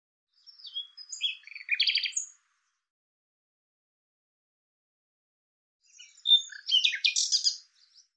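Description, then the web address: Bird song in two phrases separated by a long silence. Each phrase is a jumble of high, rapid chirps and trilled notes. Audio cleaned and normalized. "Deverinetal 2025"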